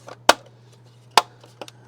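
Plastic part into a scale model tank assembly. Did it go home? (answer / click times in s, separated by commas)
yes / 0.3 s, 1.2 s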